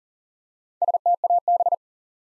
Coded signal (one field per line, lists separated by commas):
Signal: Morse code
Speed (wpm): 40 wpm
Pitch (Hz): 700 Hz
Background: none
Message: STAB